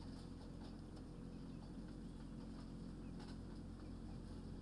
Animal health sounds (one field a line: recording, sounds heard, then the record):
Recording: poultry house recording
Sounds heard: healthy chickens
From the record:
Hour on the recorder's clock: 22